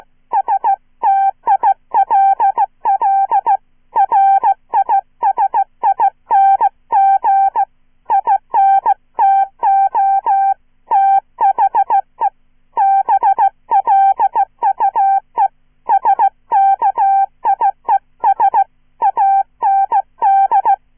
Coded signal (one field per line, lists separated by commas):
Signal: Morse code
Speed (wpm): 16 wpm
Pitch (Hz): 790 Hz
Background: none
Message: STILL RISING INTO THE BLUE SKIES AND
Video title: QGV - a horror shortstory in Morse code, part 2 "Listen & Copy"